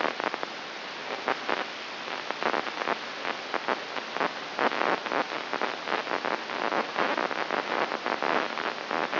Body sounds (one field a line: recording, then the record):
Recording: brain microelectrode recording played as sound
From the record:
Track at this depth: inside the subthalamic nucleus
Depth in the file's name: 4.938 mm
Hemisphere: right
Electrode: 3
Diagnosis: Parkinson's disease